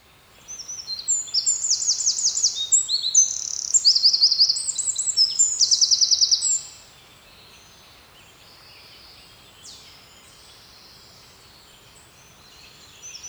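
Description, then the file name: Eurasian wren song, a loud, rapid stream of very high notes with fast rattling trills for about six seconds, followed by quiet background with a soft note near the end. "Troglodytes troglodytes"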